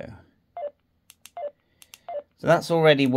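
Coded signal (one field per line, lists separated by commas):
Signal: none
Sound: radio confirmation beeps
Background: speech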